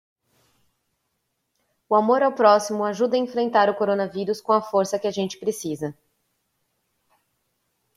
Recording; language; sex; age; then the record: spoken sentence; Brazilian Portuguese; female; 30 to 39 years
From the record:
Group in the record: control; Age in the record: 38 years